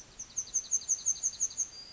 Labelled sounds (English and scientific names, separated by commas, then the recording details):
Yellowhammer (Emberiza citrinella) song
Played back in forest
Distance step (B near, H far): E
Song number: 006